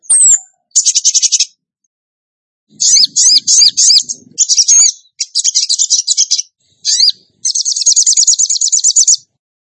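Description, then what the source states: Bird song: a sharp whistled note, then a series of high rattling trills and twisting whistled phrases, ending in a long fast trill. Masteran training recording; tembakan gacor song style.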